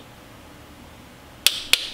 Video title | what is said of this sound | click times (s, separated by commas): How to Perfom a Cylinder Compression Test | as soon as you hear that click you know you're done take that off and then go on to the next one | 1.5 s, 1.7 s